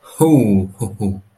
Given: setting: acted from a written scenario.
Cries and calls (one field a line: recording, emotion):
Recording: vocal sound without words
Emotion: pride